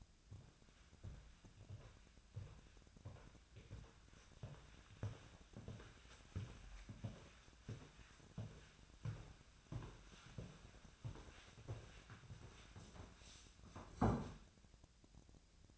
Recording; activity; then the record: daily activity, microphone in the room; walk to room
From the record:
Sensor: 2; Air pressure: 1009.9 hPa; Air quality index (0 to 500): 176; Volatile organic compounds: 10 ppm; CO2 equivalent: 2200 ppm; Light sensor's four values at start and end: 36/88/38/42 and 33/81/35/39